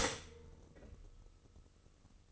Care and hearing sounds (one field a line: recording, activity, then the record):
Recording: daily activity, microphone in the room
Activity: stop toaster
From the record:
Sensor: 4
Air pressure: 1008.0 hPa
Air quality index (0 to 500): 103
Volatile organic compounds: 1 ppm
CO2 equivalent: 767 ppm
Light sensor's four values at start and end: 9/19/8/8 and 9/19/8/8